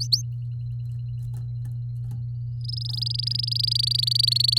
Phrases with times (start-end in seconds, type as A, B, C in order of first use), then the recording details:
0.00-0.21 A, 2.61-4.58 B. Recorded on 9 May 2018 at 11:55. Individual llb16